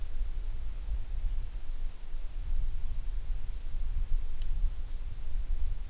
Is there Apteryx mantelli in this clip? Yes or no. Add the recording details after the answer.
no. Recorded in New Zealand on 9 June 2014. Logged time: 02:19